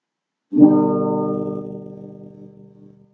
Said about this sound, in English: Up first, we have a guitar.